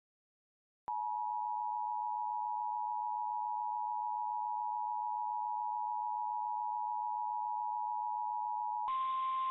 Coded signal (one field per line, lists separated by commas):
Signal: Emergency Alert System (SAME) tones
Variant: 853 and 960 Hz attention tone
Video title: (EAS #2,667 - #2,676) THE LONG AWAITED RETURN…. SORTA…. - EAS Alerts from 3/6/26